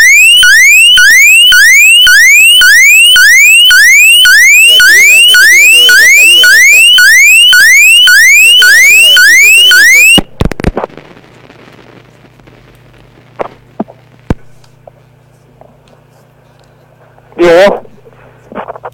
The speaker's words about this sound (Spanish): Sí, te escucho porque se metía una sirena que no sé qué es.